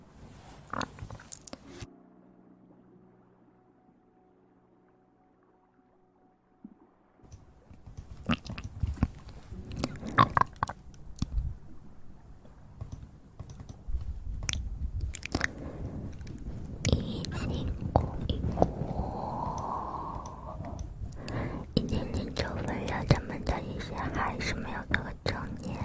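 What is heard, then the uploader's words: Mouth sounds recorded close to the mouth. After a brief burst, a low steady hum sits alone for several seconds. Then wet clicks, bites and crunchy chewing build into a dense, busy stream that grows louder from mid-clip, with a short rising whistle near 19 seconds. Sounds close to the mouth!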